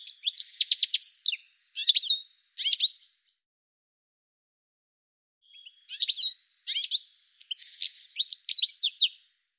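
Bird singing in two bursts of rapid high chirps, trills and short sweeping notes, separated by a couple of seconds of silence.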